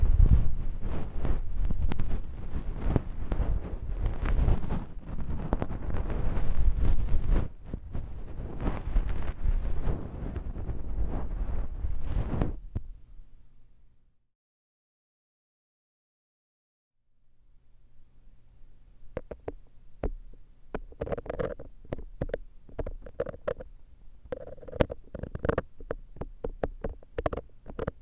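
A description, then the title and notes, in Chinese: A left-ear massage of dense, rumbling rubbing fades to silence around fourteen seconds, then returns as quicker, rhythmic strokes and taps. 耳內按摩 ( 左 )。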